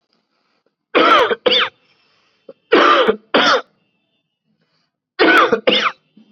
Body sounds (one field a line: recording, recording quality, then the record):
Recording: heavy voluntary cough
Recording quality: excellent, no background noise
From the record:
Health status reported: COVID-19 positive, mild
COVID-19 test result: positive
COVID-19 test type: RT-PCR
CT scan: not taken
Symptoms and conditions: cough, sore throat, fatigue, muscle pain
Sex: male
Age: 40 years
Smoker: no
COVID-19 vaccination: both doses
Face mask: worn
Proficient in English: yes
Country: India